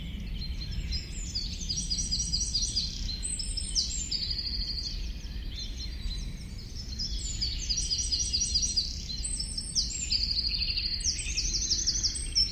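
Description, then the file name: Eurasian wren song: high, fast trills and twittering notes tumbling together almost without pause through the whole stretch, with steady low rumbling noise beneath. "Troglodytes troglodytes"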